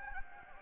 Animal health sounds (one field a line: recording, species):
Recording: mosquito wingbeat signal from an infrared sensor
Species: Anopheles gambiae